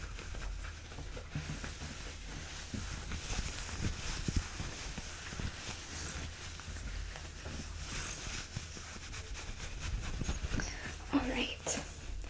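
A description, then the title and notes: Fabric scratching goes on throughout, a dense, uneven rustle of quick scrapes and brushing strokes with no clear rhythm. A low steady hum sits underneath. Near the eleventh second a brief brighter squeak stands out over the rustling. ASMR Fabric Scratching (SHEIN Clothing Try-On Haul).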